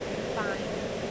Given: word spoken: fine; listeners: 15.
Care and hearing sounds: one English word in noise, from a listening test; speech-shaped noise; -6.2 dB; 5 of 15; 8 of 15; 0.71 s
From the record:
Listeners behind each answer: 8, 5, 1, 1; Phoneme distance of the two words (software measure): 7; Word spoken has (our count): 1 syllable, 3 phonemes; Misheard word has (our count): 1 syllable, 4 phonemes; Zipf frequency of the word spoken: 5.44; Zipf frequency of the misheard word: 5.89

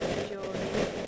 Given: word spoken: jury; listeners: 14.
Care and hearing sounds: one English word in noise, from a listening test; noise modulated by three-talker babble; -7.9 dB; 1 of 14; 6 of 14; 0.67 s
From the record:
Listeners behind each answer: 6, 1, 1, 1, 1, 1, 1, 1, 1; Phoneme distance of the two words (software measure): 24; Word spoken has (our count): 2 syllables, 4 phonemes, stress on syllable 1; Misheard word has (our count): 1 syllable, 2 phonemes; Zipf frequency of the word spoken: 4.17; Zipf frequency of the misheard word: 4.53

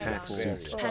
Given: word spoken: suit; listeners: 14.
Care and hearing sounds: one English word in noise, from a listening test; four-talker babble; -1.8 dB; 1 of 14; 6 of 14; 0.51 s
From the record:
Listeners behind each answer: 6, 3, 1, 1, 1, 1, 1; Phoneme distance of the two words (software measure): 35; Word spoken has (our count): 1 syllable, 3 phonemes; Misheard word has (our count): 1 syllable, 4 phonemes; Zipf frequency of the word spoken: 4.59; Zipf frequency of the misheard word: 5.18

